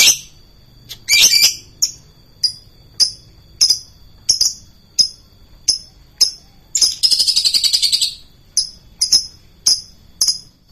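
Lovebird sharp high squawks repeated about every half second, broken late on by a short burst of fast buzzy chatter.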